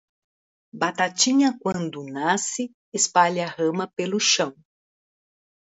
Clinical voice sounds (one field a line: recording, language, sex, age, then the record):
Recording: short text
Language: Brazilian Portuguese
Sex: female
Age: 50 to 59 years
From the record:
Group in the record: control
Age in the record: 55 years